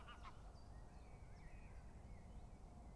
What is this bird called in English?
Common Chiffchaff